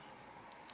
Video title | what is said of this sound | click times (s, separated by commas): SOG Powerpint Thoughts and Overview | now you can see it is locked into place | 0.5 s, 0.7 s